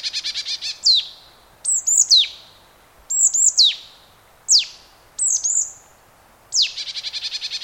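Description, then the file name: Marsh tit giving crisp, high downslurred notes, alone or in quick twos and threes, with a rapid buzzy chatter series at the start and again at the end. "Poecile palustris"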